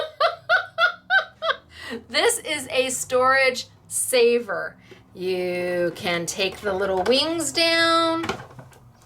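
Someone talks while handling the plastic side wing (platform extension) of a manual Sizzix Big Shot family die cutting machine, getting ready to fold it down into its locked position. The clip ends before the wing goes home, so nothing has seated or clicked yet.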